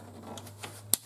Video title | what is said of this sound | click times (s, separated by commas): Engine Oil change with an extraction pump, Audi Q7 2.0T A4 A5 A6 Q5 VW golf Passat | and snap onto it you hear something and that's should be good you do the same for the other side | 0.9 s